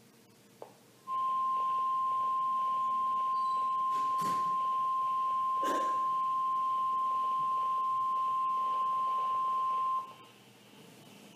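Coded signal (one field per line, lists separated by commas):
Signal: Emergency Alert System (SAME) tones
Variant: 1050 Hz attention tone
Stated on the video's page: Weather radio station received on a Radio Shack 12-519 with its audible alert setting off.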